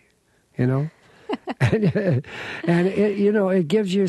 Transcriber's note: soundbite of laughter